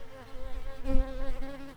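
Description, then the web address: Shrill carder bee buzzing: a steady, droning hum with evenly stacked harmonics, swelling briefly near the middle with a low thump, then settling back to an even drone. Workers. "Sylvarum workers"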